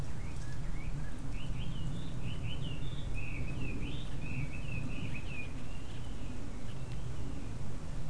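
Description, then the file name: Bird calls: a long chattering run of short whistled and chirped notes, rising and falling, over a strong low rumble of background noise. "mainly bird"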